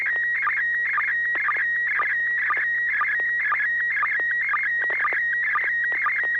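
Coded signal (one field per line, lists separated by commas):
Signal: SSTV (slow-scan television)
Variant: PD120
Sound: warbling high tone with steady twice-per-second low blips, continuous scanning chirps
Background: low hum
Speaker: Thank you. Yeah, this is going to be PD 120, N6HA.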